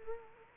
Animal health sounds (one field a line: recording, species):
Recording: mosquito wingbeat signal from an infrared sensor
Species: Culex quinquefasciatus